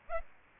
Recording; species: mosquito wingbeat signal from an infrared sensor; Aedes aegypti